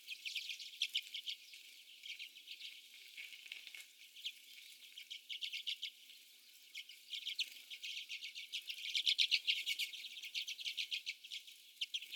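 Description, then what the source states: Common redpolls calling in a group, fast repeated chips and short twittering bursts, busiest near the end. Several common redpolls.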